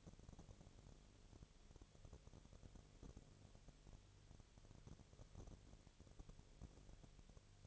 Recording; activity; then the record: daily activity, microphone in the room; no activity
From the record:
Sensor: 4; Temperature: 22.4 degrees Celsius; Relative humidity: 31.1%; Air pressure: 1004.1 hPa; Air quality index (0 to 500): 85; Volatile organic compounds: 1 ppm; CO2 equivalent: 765 ppm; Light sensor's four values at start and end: 2/3/1/1 and 2/3/1/1